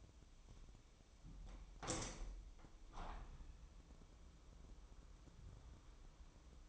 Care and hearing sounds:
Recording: daily activity, microphone in the room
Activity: open window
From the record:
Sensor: 1

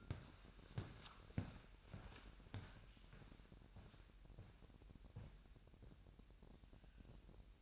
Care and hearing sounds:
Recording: daily activity, microphone in the room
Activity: walk to room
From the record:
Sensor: 2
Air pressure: 1012.1 hPa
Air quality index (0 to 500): 161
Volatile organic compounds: 2 ppm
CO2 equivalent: 1159 ppm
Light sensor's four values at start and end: 63/154/63/62 and 81/193/79/77

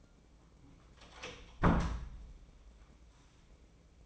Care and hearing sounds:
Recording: daily activity, microphone in the room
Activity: close door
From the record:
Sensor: 1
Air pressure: 1012.4 hPa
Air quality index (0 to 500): 164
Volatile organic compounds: 3 ppm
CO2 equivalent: 1344 ppm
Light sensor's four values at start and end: 580/1340/598/711 and 584/1349/602/715

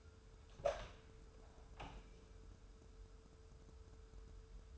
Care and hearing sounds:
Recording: daily activity, microphone in the room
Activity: open door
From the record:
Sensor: 2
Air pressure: 1015.0 hPa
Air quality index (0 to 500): 119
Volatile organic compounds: 3 ppm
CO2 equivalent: 1514 ppm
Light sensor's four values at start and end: 13/35/14/15 and 13/35/14/15

